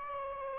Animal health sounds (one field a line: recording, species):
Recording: mosquito wingbeat signal from an infrared sensor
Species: Aedes aegypti